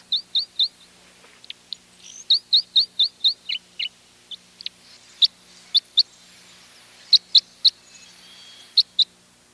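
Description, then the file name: Crossbill giving sharp, high metallic chip notes, some in quick runs of three to six, others single, with a faint low hum underneath. "1998-01-30 Crossbills"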